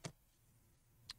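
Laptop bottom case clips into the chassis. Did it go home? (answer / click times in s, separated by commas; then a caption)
yes / 0.0 s, 1.1 s. The metal bottom case of a MacBook Pro 15 A1707, slid in and pressed down on both sides, snaps its clips into the laptop chassis. Two short, sharp clicks sound at 0.1 s and 1.1 s over a quiet background. The case is seated.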